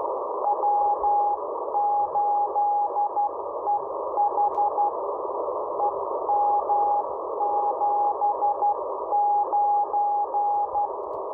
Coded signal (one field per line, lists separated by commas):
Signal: Morse code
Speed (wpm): 12 wpm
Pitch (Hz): 820 Hz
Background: none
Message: W8EH EM79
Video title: Exploring the 10 meter beacon sub band